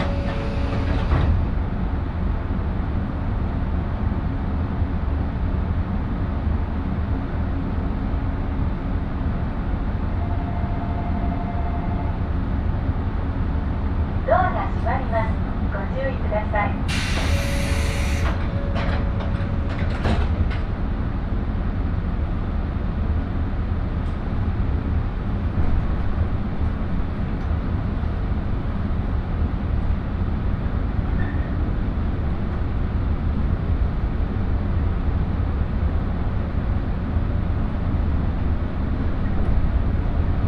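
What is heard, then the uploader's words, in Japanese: A steady low rumble of a train ride on the Shinano Railway line fills all forty seconds, dense and unchanging in level. Around the middle, from about 14 to 20 seconds, a burst of brighter clatter and squeaks with a brief tone rises over it, then the rumble continues alone. しなの鉄道・北陸新幹線 小諸→上田→長野。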